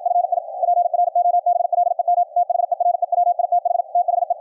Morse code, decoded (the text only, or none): FI PROBLEM THERE WITH THE